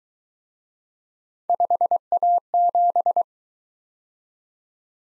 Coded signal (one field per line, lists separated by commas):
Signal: Morse code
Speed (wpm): 23 wpm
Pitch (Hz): 700 Hz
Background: none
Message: 5A7